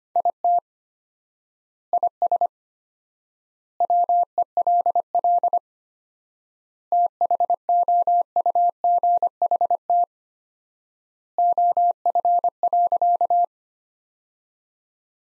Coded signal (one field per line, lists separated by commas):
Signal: Morse code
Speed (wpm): 25 wpm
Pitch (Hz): 700 Hz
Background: none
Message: IT IS WELL THOUGHT OF.